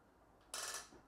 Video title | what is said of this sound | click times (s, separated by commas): Retractable Cable Lead - An easy way to avoid Slips & Trips | The clutch mechanism is really clever. It allows you to stop the lead every half meter. Just listen for the click | 0.5 s